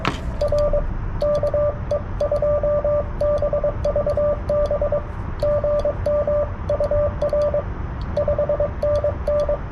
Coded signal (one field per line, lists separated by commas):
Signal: Morse code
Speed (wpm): 19 wpm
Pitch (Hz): 590 Hz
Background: radio noise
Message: R KE2BVB GMUR 5NN